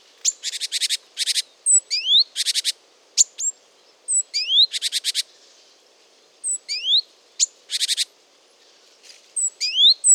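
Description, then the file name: Great tit calls: short rising whistled notes mixed with repeated buzzy, scolding bursts, several series throughout, over a faint steady hum. "Parus major"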